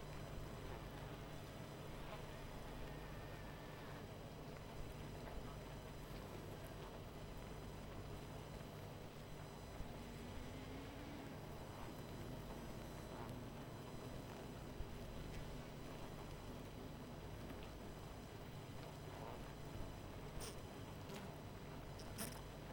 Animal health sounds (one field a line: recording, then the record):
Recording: honeybee colony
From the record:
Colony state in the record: missing queen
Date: 14 July 2017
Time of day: 21:45